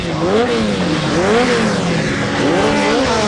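A motorcycle engine revs loudly, its whining pitch climbing and dropping in roughly three surges over a steady throaty growl, with no voices.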